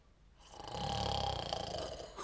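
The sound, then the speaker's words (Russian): A single long, rasping snore swells up and holds for nearly two seconds, a rough low rattle with a nasal buzz, before tailing off as another breath starts. “Где это так храпят?”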